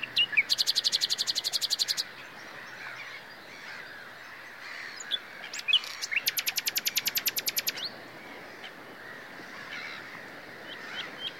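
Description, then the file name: Common nightingale song: two bursts of fast, high, buzzy trilled notes, each lasting about one and a half seconds, separated by quieter scattered notes over a steady background hiss. "Luscinia megarhynchos"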